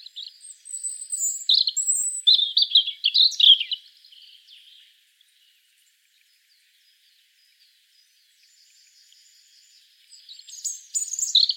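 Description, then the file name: European robin song phrase of high piping notes and tumbling warbled twitters, then a long silence before another sparkling phrase begins at the end. "Erithacus rubecula"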